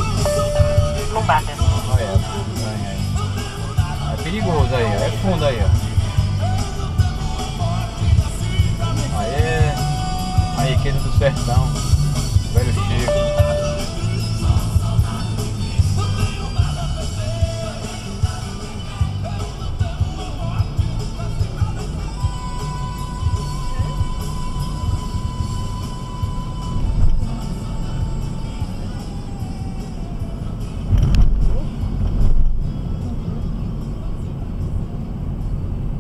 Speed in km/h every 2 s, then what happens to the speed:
9, 18, 25, 30, 35, 39, 38, 22, 16, 24, 31, 36, 40, 43, 42, 38, 36, 32.
0-10 speeds up to 39. 12-15 brakes to 16. 15-26 speeds up to 43. 26-36 slows to 32.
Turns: none.